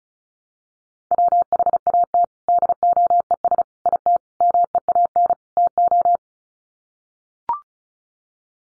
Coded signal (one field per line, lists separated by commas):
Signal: Morse code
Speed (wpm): 34 wpm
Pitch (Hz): 700 Hz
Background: none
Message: WHAT DOES IT MEAN TO